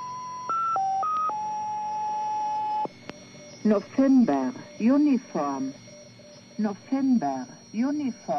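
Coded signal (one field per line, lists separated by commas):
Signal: numbers station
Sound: a short melody of five steady stepped tones, then a voice reading short evenly spaced words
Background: faint radio hum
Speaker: the bulk of this set consists of broadcasts in which seemingly random streams of numbers are read off, usually by electronic means, and are often bookended by odd electronic noises or snippets of music.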